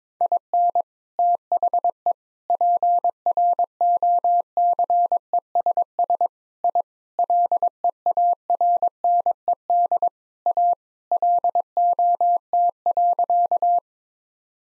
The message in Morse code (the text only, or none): IN THE PROCESS I LEARNED A LOT.